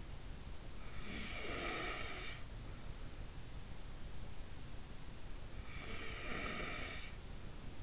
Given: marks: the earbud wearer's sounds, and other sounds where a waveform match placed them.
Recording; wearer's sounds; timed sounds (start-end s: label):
sounds in sleep by an in-ear microphone; breath
0.23-2.69 s: breath
4.92-7.83 s: breath